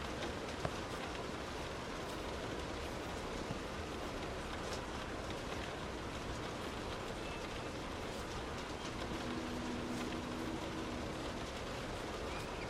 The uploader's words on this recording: Inside a Car in the Rain.